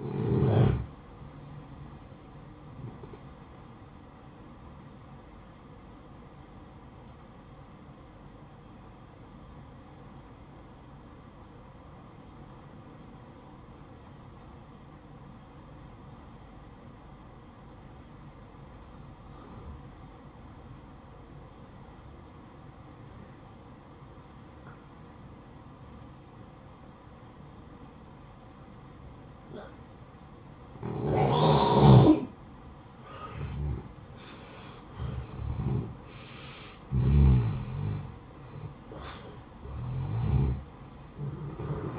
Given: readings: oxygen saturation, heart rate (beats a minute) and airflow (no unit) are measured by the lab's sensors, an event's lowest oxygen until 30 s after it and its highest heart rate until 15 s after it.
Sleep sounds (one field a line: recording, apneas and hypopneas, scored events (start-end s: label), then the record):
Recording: breathing in sleep by a smartphone at the bedside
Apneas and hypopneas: 1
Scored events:
7.00-33.70 s: hypopnea (N1, oxygen 96% highest, then 89% lowest, heart rate 63 at the start, 70 highest)
From the record:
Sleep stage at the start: N1 (lightest sleep)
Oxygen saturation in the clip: 90 to 96%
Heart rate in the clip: 55 to 78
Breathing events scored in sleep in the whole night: 573 in 9.8 hours asleep